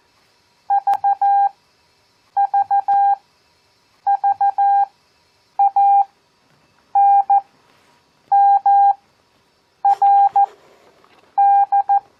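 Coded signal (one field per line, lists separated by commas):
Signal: Morse code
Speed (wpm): 14 wpm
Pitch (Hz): 800 Hz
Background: none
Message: VVV ANMRD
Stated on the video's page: Receiving practice of random five-character groups at 14 WPM with Farnsworth spacing at 7 WPM, audio only.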